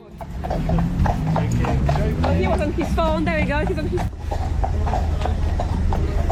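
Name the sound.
horse hooves clip-clopping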